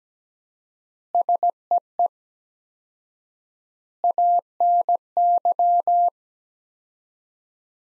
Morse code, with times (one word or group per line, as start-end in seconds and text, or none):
1.1-2.1 SEE
4.0-6.1 ANY